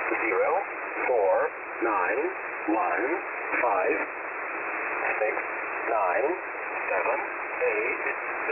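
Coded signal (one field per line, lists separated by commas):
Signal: numbers station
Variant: E07a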